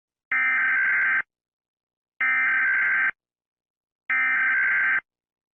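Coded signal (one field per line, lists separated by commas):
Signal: Emergency Alert System (SAME) tones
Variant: header bursts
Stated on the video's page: Simulated EAS scenario, not a real alert.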